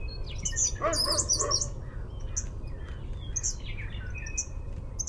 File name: EAKI RRV